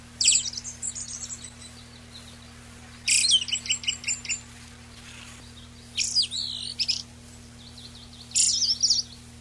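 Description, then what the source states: Eyebrowed thrush song: four high, jangling twittered phrases, each about a second long, spaced roughly every three seconds over faint background hiss. Recorded 19 June 1991.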